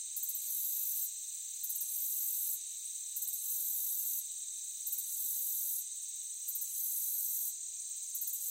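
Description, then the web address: Crickets trilling in a high chorus; rapid pulsed bursts alternate with short drops against an unbroken shrill background. Meadow ambience. "Blastwave AMBIENCE Meadow Crickets"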